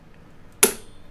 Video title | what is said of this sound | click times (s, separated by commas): Z87 Bargain Build Guide with POV Headcam | until you hear that click. And you can feel that click. | 0.6 s